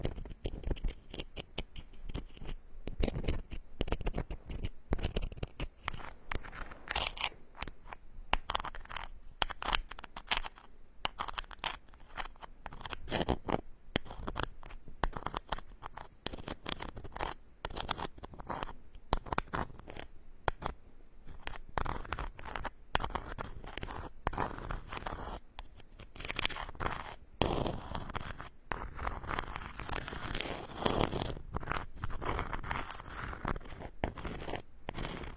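Wooden tools are worked over a scalp in a steady run of dense, scratchy strokes and brushing scrapes. The rubbing comes in quick, irregular bursts with tiny gaps between them, keeping an even level for the whole stretch, with a faint high hiss underneath.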